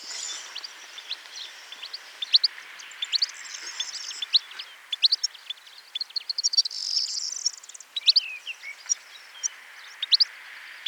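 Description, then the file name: European goldfinch calls: many short, bright twittering notes and quick chirps scattered throughout, over faint background hiss. "Carduelis carduelis"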